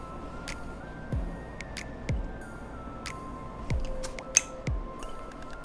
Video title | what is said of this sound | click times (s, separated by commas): Mystery Package Reveal??????? | cap snaps into place | 4.4 s